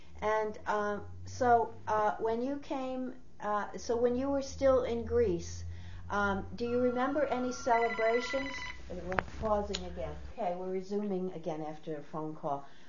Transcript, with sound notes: And so, when you came — so when you were still in Greece, do you remember any celebrations? [Telephone rings] We're pausing again. [Tape off/on] Okay, we're resuming again after a phone call.